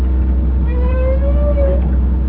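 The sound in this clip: Whale call, a tonal moan with faint harmonics that rises gradually for about a second, over a heavy low rumbling hum.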